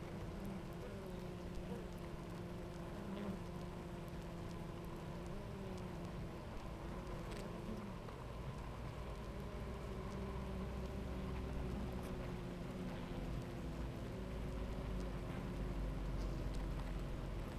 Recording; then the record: honeybee colony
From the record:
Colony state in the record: active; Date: 28 July 2017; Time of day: 9:24